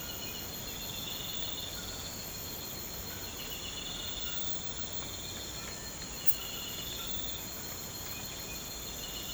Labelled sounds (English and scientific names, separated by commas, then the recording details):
none
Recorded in pastures near Puerto Asís, Putumayo, Colombia, on 19 March 2025 at 04:00
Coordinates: 0.472, -76.329
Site G074